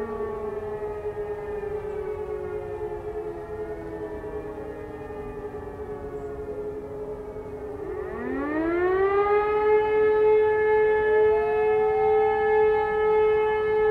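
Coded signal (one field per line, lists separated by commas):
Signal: siren signal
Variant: German Feueralarm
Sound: steady wailing siren tone, a second siren winding up and joining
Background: outdoor ambience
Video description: Monatlicher Probealarm der Feuerwehrsirenen in Bornheim am 28.11.2020 um 11 Uhr mit dem Signal "Feueralarm".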